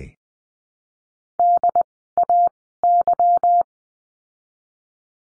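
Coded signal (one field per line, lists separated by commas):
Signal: Morse code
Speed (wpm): 20 wpm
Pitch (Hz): 700 Hz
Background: none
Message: DAY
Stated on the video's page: Morse course lesson, words with letter Y, Farnsworth speed 20/10 wpm.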